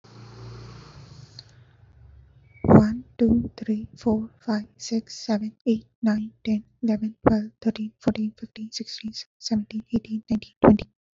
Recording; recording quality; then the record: counting at a fast pace; excellent, no background noise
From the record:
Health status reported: healthy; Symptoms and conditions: none ticked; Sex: female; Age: 24 years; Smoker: not ticked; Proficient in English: yes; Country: India